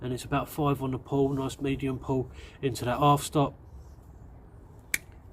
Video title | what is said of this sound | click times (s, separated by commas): 2 rough Ryder knives one is my best buy of 2025 | And a good nice click into the open position. | 4.9 s